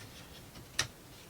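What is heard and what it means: A plastic marble-run building piece is pressed onto the model base, giving a single sharp click at 0.8 s over a quiet background. The piece is only partly seated and not fully pressed down.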